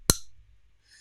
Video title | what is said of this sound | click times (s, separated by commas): Sew What? Episode 80: On the Road Again | I'll get it close to my microphone here and you can hear the snap. | 0.1 s